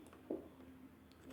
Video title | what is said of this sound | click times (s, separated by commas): HOW TO REMOVE THE STRIKER/FIRING PIN FROM SMITH AND WESSON M&P SHIELD 9/40 | I don't know if you heard that click, but I pushed it in and it's in there now. | 0.3 s